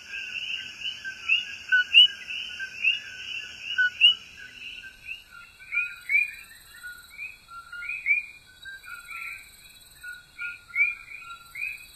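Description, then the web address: Puerto Rican coqui calls, a dense chorus at first thinning to spaced two-note calls, low then high. "Songs of Frogs Toads of North America. Puerto Rican Coqui"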